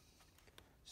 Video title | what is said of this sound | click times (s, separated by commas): (1999-2006) Audi TT - BEST CHEAP $20 MOD *LED INTERIOR* 😍 | push it and then twist make sure that it locks into place just like that okay once you're done go ahead | 0.6 s